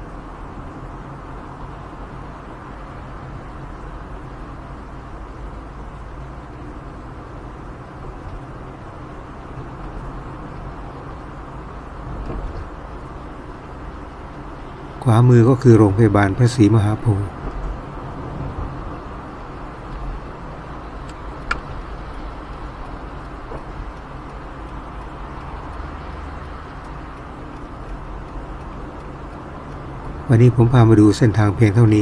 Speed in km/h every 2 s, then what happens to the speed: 39, 38, 37, 39, 41, 41, 41, 44, 47, 47, 45, 43, 42, 41, 44, 48.
4-16 speeds up to 47. 16-26 slows to 41. 26-32 speeds up to 48.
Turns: none.